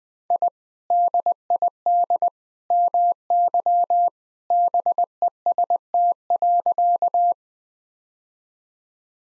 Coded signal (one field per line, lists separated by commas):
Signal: Morse code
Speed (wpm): 20 wpm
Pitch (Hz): 700 Hz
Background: none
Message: I DID MY BEST.